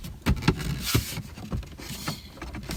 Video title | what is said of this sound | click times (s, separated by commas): Hard Wiring my Valentine One Radar Detector | then we'll throw this panel on it should just snap in place | 0.5 s